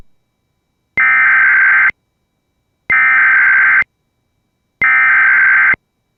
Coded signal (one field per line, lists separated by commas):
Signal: Emergency Alert System (SAME) tones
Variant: header bursts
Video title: Tornado Watch #49 EAS#155